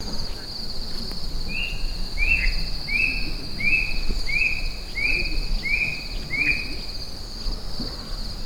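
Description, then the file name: Bird calling in a series of eight short, thin upslurred notes, about three every two seconds, over a steady high insect drone. Unidentified bird, Kitanglad Lodge, Philippines, 18 March 2012. "Indet Kitanglad Lodge 18 Mar 2012"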